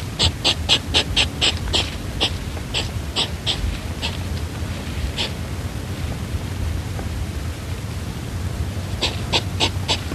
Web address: european hedgehog